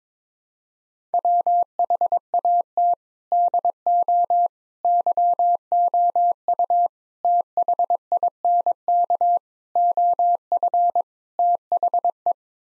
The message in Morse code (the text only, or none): WHAT DO YOU THINK OF THE